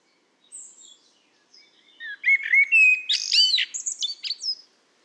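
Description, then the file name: Common blackbird song beginning with faint thin high notes, then a louder warbled phrase of fluty notes running into a bright, squeaky twittering finish. "Turdus merula"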